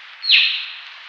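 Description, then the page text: Sri Lanka myna giving one harsh, scratchy call that drops sharply then trails off, over a steady background hiss. "Sri Lanka Myna Calls Sound Effect. Quick Sounds"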